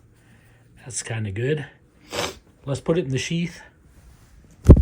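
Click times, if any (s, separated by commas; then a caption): none. Someone talks, then pushes a fixed-blade knife into a stiff, cold polymer sheath, making a sharp, brief scrape-like burst around 4.7 seconds. The knife does not go fully in and fails to lock, so nothing has seated or clicked yet.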